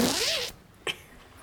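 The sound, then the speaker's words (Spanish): A quick zipper rasp as a pencil case is unzipped open runs for about half a second with a rising and falling whine, then stops, followed by a single soft click and quiet. “Abrió la cartuchera”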